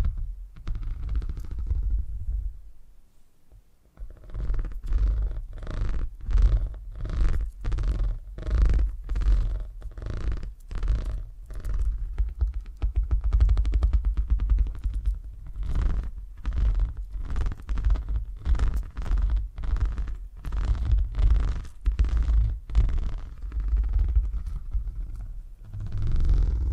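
A low, rumbling purr runs through most of the clip, pulsing in a steady rhythm of roughly two beats a second. Each pulse carries a soft, breathy hiss above the rumble. The sound drops away briefly around the third and fourth seconds, then resumes.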